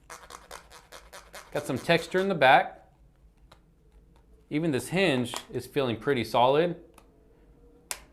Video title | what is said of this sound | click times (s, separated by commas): Google Pixel Fold Whitestone Dome Escudo Case EARLY LOOK! | kind of snaps into place it's not super loose or anything | 7.9 s